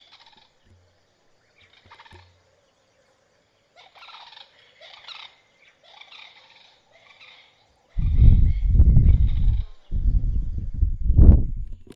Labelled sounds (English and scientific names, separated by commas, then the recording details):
Vinaceous Dove (Streptopelia vinacea)
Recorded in northern Uganda